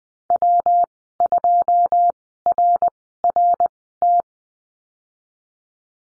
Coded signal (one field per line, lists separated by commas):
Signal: Morse code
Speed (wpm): 20 wpm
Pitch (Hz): 700 Hz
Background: none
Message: W 2 R R T